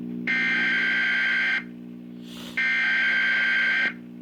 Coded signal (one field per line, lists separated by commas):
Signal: Emergency Alert System (SAME) tones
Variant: header bursts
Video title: How to Do an EAS Required Weekly Test on Q102?